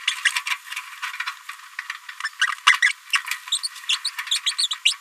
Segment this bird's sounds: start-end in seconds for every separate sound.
0.07-0.12, 0.24-0.30, 0.35-0.39, 2.24-2.29, 2.41-2.46, 2.66-2.74, 2.82-2.89, 3.13-3.17, 3.63-3.68, 3.89-3.95, 4.04-4.09, 4.31-4.38, 4.46-4.52, 4.58-4.68, 4.71-4.74, 4.85-4.93